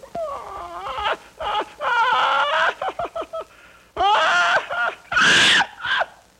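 Macaw screeches: loud, raucous, harsh calls in quick bursts, with rasping squawks and one very loud shriek late.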